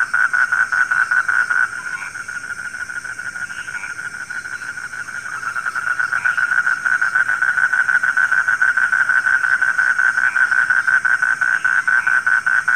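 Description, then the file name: Frogs calling in fast pulsed notes at one pitch, softer for a few seconds then louder again, over a steady high background hiss. Frogs heard at night. "suara kodok di malam hari"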